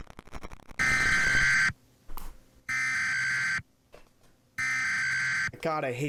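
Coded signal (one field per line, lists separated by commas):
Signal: Emergency Alert System (SAME) tones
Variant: header bursts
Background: speech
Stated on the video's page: Fictional EAS tones from an analog horror series.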